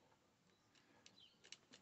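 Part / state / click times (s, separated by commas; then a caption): thermal fuse reset button in electric horse clippers / not seated / none. A finger presses the small reset button of a tripped thermal fuse inside unplugged Lister Star electric horse clippers. Only faint, short taps are heard, around 1.1, 1.5 and 1.7 seconds. The button does not stay in because it needs to go further than a finger can press, so nothing has latched or clicked yet.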